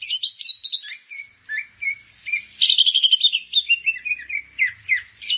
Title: Kicau Burung Cucak Jenggot